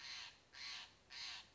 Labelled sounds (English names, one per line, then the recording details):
Steller's Jay
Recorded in Sonoma County, California